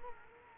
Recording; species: mosquito wingbeat signal from an infrared sensor; Culex quinquefasciatus